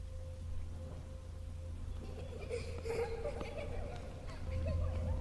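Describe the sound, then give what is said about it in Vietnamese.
Steady rain falls in a soft, continuous hiss, with scattered sharper drop taps and a low constant hum underneath, holding an even loudness throughout. “Không biết ngủ được bao lâu, trời vẫn còn mưa.”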